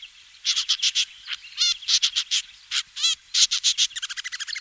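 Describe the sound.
Woodchat shrike uttering harsh, buzzy grating notes in short uneven groups, two quick rippling trills between them, ending in a rapid stuttering rattle.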